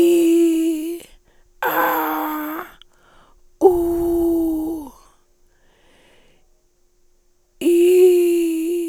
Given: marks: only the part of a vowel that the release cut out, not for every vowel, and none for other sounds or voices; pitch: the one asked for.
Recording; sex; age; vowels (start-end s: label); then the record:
sustained vowels; female; 70 to 79 years
0.00-0.66 s: vowel /i/, normal pitch
1.86-2.51 s: vowel /a/, normal pitch
3.75-4.59 s: vowel /u/, normal pitch
7.73-8.55 s: vowel /i/, high pitch
From the record:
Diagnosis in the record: Reinke's edema, hyperfunctional dysphonia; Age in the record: 73 years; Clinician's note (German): Zustand nach Abtragung